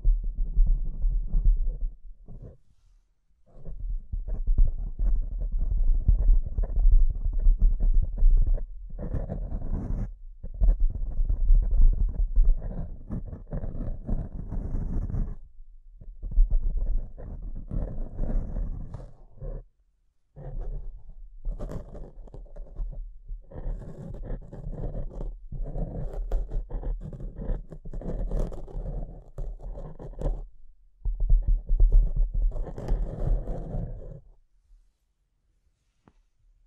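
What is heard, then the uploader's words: Scratching against a microphone, a rough rubbing noise heavy in low rumble with bursts of brighter scraping. It comes in long stretches broken by short silences around 3, 9, 15, 20 and 30 seconds, then fades out near the end. ASMR Brain Melting Mic Scratching (No Talking).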